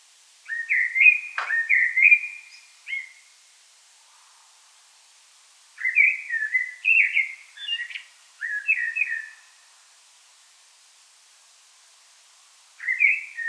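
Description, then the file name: Common blackbird singing fluty warbled phrases, one long phrase with a sharp click, then further phrases after gaps of a few seconds, against a quiet background. "Turdus merula"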